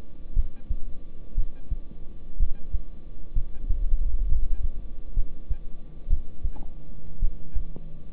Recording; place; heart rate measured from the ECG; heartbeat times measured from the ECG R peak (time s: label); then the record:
heart sounds by stethoscope; between the tricuspid and mitral areas; 61 bpm
0.36 s: heartbeat
1.37 s: heartbeat
2.40 s: heartbeat
3.36 s: heartbeat
4.29 s: heartbeat
5.16 s: heartbeat
6.10 s: heartbeat
7.22 s: heartbeat
From the record:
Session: rest, lying down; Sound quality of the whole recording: good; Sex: male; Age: 26 years